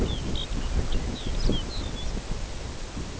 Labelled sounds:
Lapland Longspur
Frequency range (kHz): Lapland Longspur 2.4-6.5 kHz
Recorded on Arctic tundra, site NAIT-1, on 21 June 2018
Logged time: 17:00

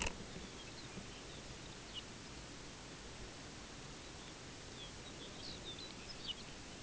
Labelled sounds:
Lapland Longspur
unidentified sound
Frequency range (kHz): Lapland Longspur 2.0-6.0 kHz
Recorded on Arctic tundra, site UTQI-5, on 14 June 2019
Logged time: 14:00

